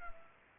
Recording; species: mosquito wingbeat signal from an infrared sensor; Culex pipiens